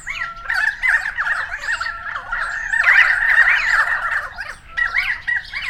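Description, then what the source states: Currawongs calling together, busy squawks and warbles over a few long, steady whistled notes, loudest in the middle, with a short lull near the end. Several birds recorded on 28 May 2013.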